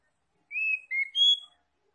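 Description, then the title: Oriental magpie-robin whistling three clear notes in a row, the last highest and brightest, with a faint high overtone above. Oriental magpie-robin linked to Tretes, described as singing vigorously (gacor). "Kacer Tretes"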